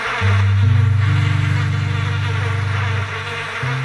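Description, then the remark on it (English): Wasps buzzing in a loud, steady low drone that holds for several seconds, its pitch stepping up and down slightly as it hums on, with no voices present. “This is where you get stung violently by wasps.”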